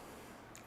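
The transparent hinged lid of a Nothing Ear 1 earbud charging case is closed, and its small magnet pulls it shut with a soft click at 0.6 s. The lid snaps shut and locks automatically, seated.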